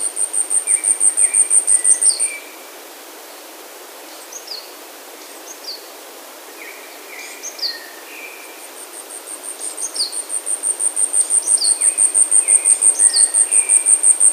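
Asian stubtail singing two bouts of high, hissing, evenly spaced pulses, the first ending abruptly, the second building from soft to loud, with scattered calls of other birds between.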